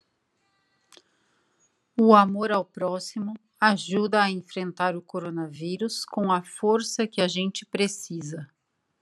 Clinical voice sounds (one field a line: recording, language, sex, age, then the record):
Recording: spoken sentence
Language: Brazilian Portuguese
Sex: female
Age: 40 to 49 years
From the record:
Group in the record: control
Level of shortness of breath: 0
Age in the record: 44 years